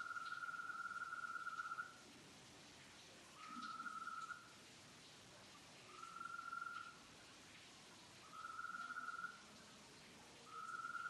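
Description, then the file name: Oblong toad calling with long, steady, even-pitched trills of one to two seconds each, separated by pauses of a second or more, over a soft hiss of background noise. "Bufotes oblongus"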